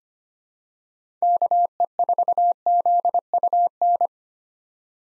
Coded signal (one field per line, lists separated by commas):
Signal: Morse code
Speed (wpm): 25 wpm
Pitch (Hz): 700 Hz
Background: none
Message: KE4ZUN